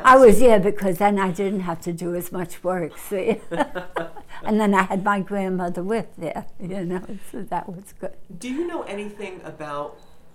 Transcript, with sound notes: I was, yeah, because then I didn't have to do as much work, see? (they laugh) And then I had my grandmother with me, you know, that was good.
Do you know anything about